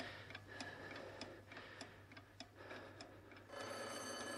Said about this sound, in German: Ach so, das Telefon.